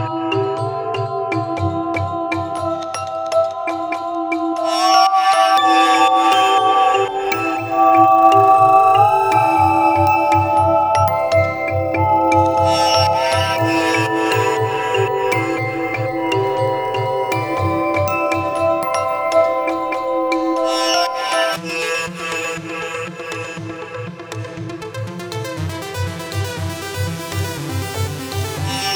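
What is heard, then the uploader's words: Bell tones ring out in a slow melodic line, held notes stepping up and down, over a steady pulsing bass. Brighter, shimmering layers swell in around 5, 13 and 21 seconds. Loudness stays fairly even, easing slightly toward the end. Bell Tones.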